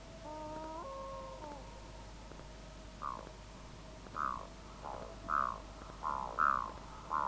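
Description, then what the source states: Black-throated loon gives long drawn-out wailing tones that shift in pitch, followed by a series of short yelping notes repeated roughly once a second. Field recording by Sten Wahlström from the Swedish cassette Fågelsjön, Sveriges Ornitologiska Förening.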